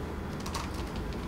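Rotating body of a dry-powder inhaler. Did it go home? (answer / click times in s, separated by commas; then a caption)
no / none. The rotating body of a dry-powder inhaler is turned using its handle grip, where a click signals that it has turned properly. Over a steady background, two brief light handling ticks are heard at about 0.5 and 0.6 seconds. Nothing has seated or clicked into place yet.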